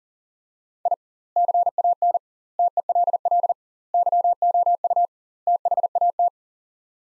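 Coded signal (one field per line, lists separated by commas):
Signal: Morse code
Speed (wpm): 40 wpm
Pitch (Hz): 700 Hz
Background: none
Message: I CAN TELL YOU THAT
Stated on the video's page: Head-copy drill of five-word sets at 40 wpm with 2x word spacing, a Farnsworth-like method; each set sent, spoken, then sent again.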